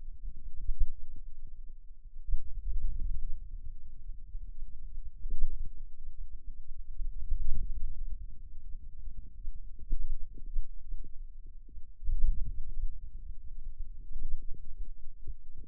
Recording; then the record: forearm muscle sounds (acoustic myography)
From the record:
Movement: ulnar deviation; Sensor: system 2, bracelet of six BSWA MPA416 microphones around the upper forearm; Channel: 5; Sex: male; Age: 22 years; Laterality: right